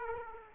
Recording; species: mosquito wingbeat signal from an infrared sensor; Aedes aegypti